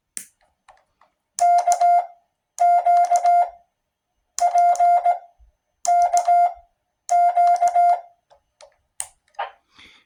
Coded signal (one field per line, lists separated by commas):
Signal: Morse code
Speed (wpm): 18 wpm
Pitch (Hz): 700 Hz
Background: none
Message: KQP KQ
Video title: Raspberry Pi Morse Code Practice Station + Baofeng UV-5R CW